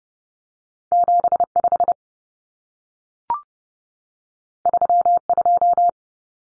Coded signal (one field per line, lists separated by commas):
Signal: Morse code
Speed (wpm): 30 wpm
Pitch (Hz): 700 Hz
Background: none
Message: 75 32